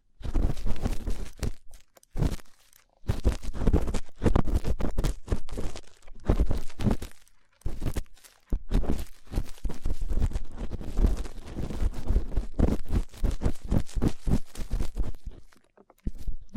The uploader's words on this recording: ASMR Rough Ear Cleaning (No Talking).